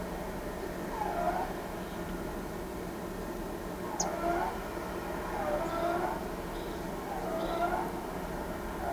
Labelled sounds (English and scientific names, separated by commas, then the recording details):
none
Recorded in pastures near Pivijay, Magdalena, Colombia, on 13 April 2023 at 11:30
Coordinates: 10.456, -74.369
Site P6-G026